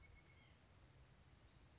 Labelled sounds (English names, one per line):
White-breasted Nuthatch